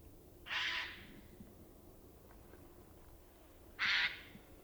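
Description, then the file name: Eurasian jay with two single harsh, raspy screeches about three seconds apart. "Garrulus glandarius"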